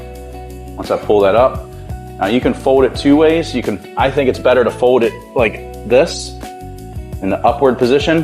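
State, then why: Not seated. Someone talks over background music while handling the fold lock latch on a Jazzy Carbon HD folding power wheelchair, folding its carbon fiber frame into the upward position. The latch has not clicked or locked into place yet.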